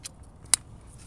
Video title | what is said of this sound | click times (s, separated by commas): #prius spark plugs, coils, injectors and mass air flow replacement #tuneup | satisfying click and then this | 0.5 s